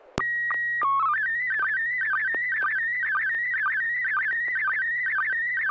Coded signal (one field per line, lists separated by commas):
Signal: SSTV (slow-scan television)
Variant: PD 120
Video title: N6NA SSTV Net - 01/29/2025